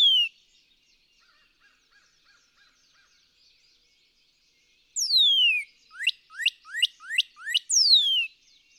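Northern cardinal song: a long falling whistle, five short upswept notes in quick succession, then a final long downslurred whistle, after several seconds of faint twittering.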